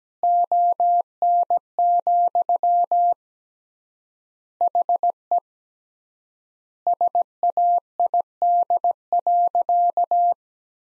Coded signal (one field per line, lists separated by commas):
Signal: Morse code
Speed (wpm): 17 wpm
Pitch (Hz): 700 Hz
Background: none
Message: ON, HE SAID.